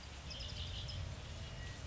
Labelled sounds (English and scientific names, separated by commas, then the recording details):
Red-winged Blackbird (Agelaius phoeniceus)
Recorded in Sonoma County, California